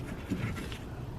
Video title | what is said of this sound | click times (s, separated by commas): 2014-2020 Mercedes Benz GLA250 - Trunk Door Latch Replacement | make sure you push the locking piece back in until it clicks | 0.7 s